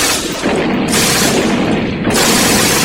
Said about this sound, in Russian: За его спиной запоздало, загрохотали молнии, посыпались осколки камня.